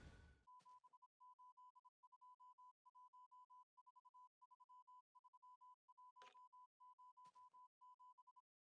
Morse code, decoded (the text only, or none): 7821433107